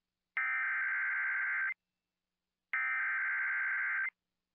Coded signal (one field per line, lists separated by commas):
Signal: Emergency Alert System (SAME) tones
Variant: header bursts